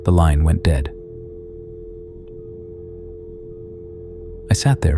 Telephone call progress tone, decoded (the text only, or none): dial tone